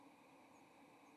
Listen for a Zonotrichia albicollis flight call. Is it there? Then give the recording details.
no. Another species' flight call is heard. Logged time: 08:32 on 30 October 2014